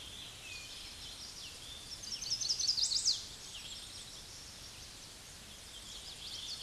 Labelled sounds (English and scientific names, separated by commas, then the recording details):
Chestnut-sided Warbler (Setophaga pensylvanica) song
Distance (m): 25 m
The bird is about 10 m above the microphone
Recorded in a Pennsylvania forest on 16 May 2024 at 08:31
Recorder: AudioMoth, point MSD-2429
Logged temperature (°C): 16.7 °C
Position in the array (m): 88 m, 62 m